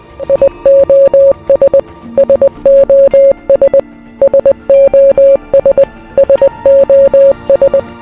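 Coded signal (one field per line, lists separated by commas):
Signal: Morse code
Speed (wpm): 20 wpm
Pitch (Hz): 560 Hz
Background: music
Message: IOS SOS SOS SOS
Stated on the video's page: Recordings claimed to be captured by Italian radio amateurs during the Cold War, said to be sounds from lost cosmonauts in space.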